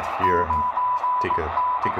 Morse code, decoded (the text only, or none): 9N